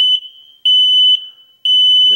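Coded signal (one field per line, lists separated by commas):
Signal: alarm pattern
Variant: household smoke alarm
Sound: shrill high-pitched alarm beeps, about half a second each with equal pauses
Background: small room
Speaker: and will then hear the following sequence of beeps three long beeps pause three long beeps pause single beep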